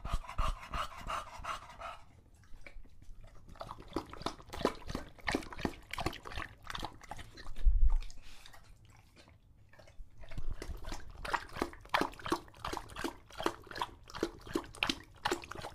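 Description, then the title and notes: English Bulldog heavy panting, then lapping water in wet repeated clicks, a loud low burst and a pause before lapping resumes. Male English Bulldog named Lucho, pet, drinking water from a bowl after a long walk, heavy breathing between drinks from being out of breath. "English Bulldog Drinks from Water Bowl - Weird Sounds. listen to Lucho the English Bulldog as he tries to drink water after a long walk. Don't let his heavy breathing fool you in between drinks"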